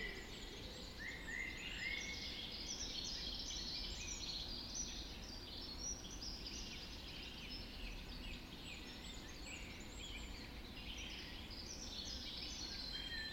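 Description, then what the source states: Many birds singing at dawn, rapid high chirps and trills packed closely together, some brighter whistles, over a constant low background drone. Dawn chorus recorded just after dawn in the Forest of Dean.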